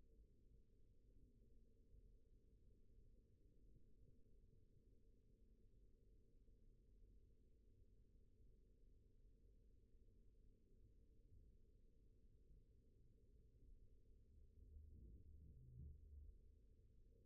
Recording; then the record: forearm muscle sounds (acoustic myography)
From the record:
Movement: rest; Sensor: system 1, eight BSWA MPA416 microphones around the upper forearm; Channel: 7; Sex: male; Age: 20 years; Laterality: left